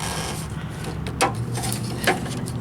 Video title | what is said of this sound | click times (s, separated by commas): Jeep Wrangler YJ - Half Doors Interior Door Handle | It snaps in place. Ta-da! We got that one. | 1.2 s